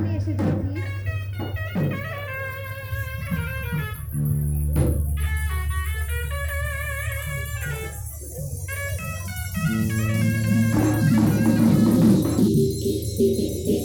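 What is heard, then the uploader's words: A Durga Pujo soundscape filled with ringing bells and layered tonal lines over a steady low hum. Sharp strikes punctuate the first five seconds, and the sound grows denser and slightly louder after ten seconds, with a busy jingling rattle. Durga Pujo Soundscape. Rather than simply presenting the field recordings as they are, they have been edited and compiled in such a way that they flow from one to the other.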